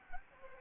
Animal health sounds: mosquito wingbeat signal from an infrared sensor; Anopheles arabiensis

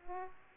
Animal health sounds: mosquito wingbeat signal from an infrared sensor; Aedes aegypti

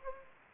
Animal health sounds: mosquito wingbeat signal from an infrared sensor; Anopheles gambiae

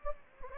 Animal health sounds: mosquito wingbeat signal from an infrared sensor; Anopheles gambiae

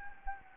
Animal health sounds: mosquito wingbeat signal from an infrared sensor; Anopheles gambiae

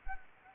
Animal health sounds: mosquito wingbeat signal from an infrared sensor; Anopheles arabiensis

